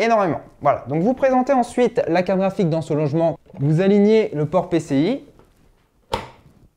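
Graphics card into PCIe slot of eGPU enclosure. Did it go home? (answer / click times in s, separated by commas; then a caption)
yes / 6.1 s. Someone talks while an AMD Radeon RX 5700 XT graphics card is lined up with the PCIe slot of a Razer Core X external GPU enclosure and pushed down. At 6.1 s a sharp click is heard as the slot's plastic retention latch locks, and the card is seated.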